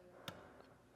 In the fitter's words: again make sure it pops into place and then we'll grab a